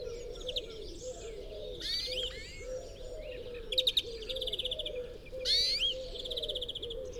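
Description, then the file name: European greenfinch song: rattling trills mixed with swooping notes, against a constant low background sound. "Chloris chloris"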